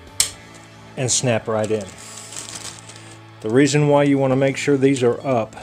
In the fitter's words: that point they just slide and snap